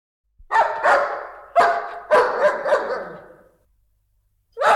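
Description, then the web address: Dog giving rough, loud barks, several in quick succession, then a gap before another bark starts at the end. Large dogs barking. "animals dogs large dogs barking"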